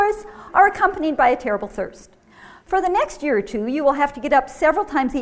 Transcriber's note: none